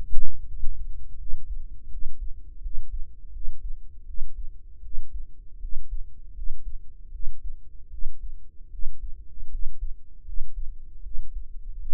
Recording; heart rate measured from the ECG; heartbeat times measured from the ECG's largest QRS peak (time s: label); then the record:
heart sounds by microphone in the right ear; 80 bpm
0.46 s: heartbeat
1.16 s: heartbeat
1.88 s: heartbeat
2.60 s: heartbeat
3.30 s: heartbeat
4.04 s: heartbeat
4.80 s: heartbeat
5.58 s: heartbeat
6.33 s: heartbeat
7.10 s: heartbeat
7.88 s: heartbeat
8.69 s: heartbeat
9.48 s: heartbeat
10.23 s: heartbeat
11.01 s: heartbeat
11.77 s: heartbeat
From the record:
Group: healthy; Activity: rest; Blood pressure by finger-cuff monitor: 93/54 mmHg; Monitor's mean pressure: 67 mmHg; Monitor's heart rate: 80 bpm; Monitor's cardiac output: 7.2 L/min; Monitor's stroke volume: 90 mL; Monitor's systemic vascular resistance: 650 dyn s/cm5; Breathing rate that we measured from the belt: 18 breaths a minute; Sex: female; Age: 19 years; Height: 163 cm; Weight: 48.9 kg